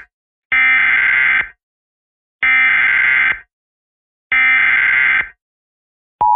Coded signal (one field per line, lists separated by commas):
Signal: Emergency Alert System (SAME) tones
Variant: header bursts